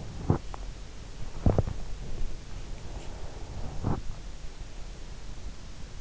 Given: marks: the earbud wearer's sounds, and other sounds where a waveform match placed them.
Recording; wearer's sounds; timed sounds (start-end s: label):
sounds in sleep by an in-ear microphone; breath
2.73-3.87 s: breath